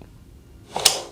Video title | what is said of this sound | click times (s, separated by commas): This Dynamic Smart Massage Ergonomic Chair Is One Of A Kind - Lavenne R9 Pro Review | And now it won't come out because of that click. | 0.9 s